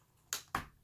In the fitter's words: until it clicks into place it's going to be a little bit resistant but we're just going to slide that down until it clicks into place